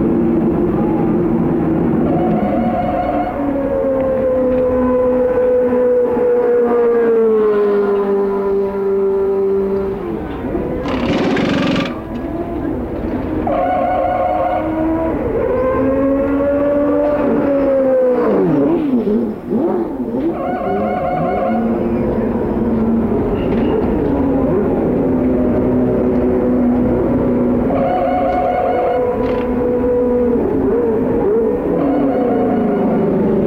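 IndyCar race cars roar past on a street circuit, one engine whine after another overlapping in a dense, continuous wall of sound. Their pitch climbs and falls as cars shift and brake, with a sharp hiss around twelve seconds and a dip near nineteen.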